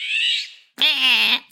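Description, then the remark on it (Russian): A golden oriole gives its harsh, cat-like call: two raspy, nasal screeches, a hissing first burst and then a louder, strained mewing wail after a short pause. “Но давай поговорим про их второй голос, который, скажем так, не столь мелодичен. В народе называется «кошка».”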